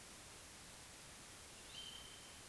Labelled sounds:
Tawny Owl
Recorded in Germany
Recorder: ecoPi

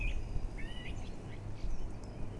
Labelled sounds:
Common Blackbird
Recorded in Germany
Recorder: ecoPi

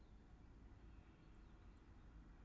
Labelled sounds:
Song Thrush
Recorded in Germany
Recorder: ecoPi

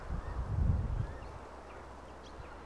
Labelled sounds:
Common Chaffinch
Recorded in Germany
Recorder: ecoPi

